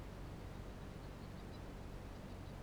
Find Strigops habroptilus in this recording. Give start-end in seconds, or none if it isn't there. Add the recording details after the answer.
none. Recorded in New Zealand. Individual Barnard